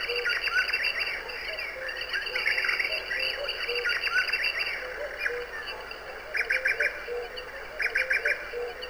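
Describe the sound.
Bird song of rapid, repeated chirping trills, with short clustered bursts near the end, all over a constant tonal hum.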